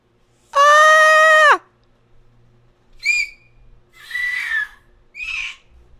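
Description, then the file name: Parrot gives a long steady harmonic screech, then three shorter harsh squawks with short gaps between them. "papagaio"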